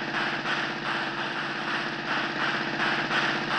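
A car engine runs with a steady, throbbing rumble and a dense mechanical whir as the car drives away, holding roughly constant loudness throughout with no voices present.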